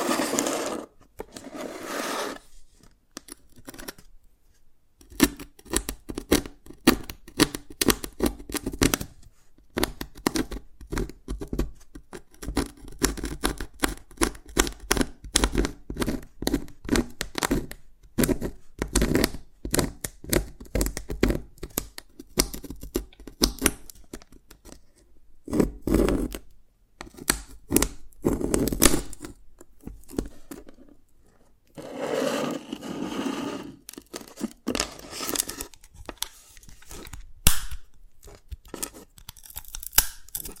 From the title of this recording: Dalgona Candy Challenge Tapping, Cracking Triggers